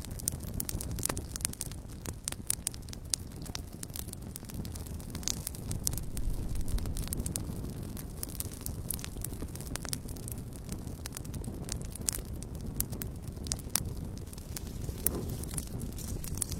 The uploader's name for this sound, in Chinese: 晚上平静的篝火声